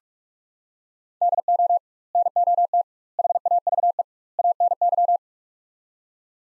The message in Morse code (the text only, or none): DO NOT HAVE ANY